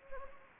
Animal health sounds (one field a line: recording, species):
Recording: mosquito wingbeat signal from an infrared sensor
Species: Anopheles gambiae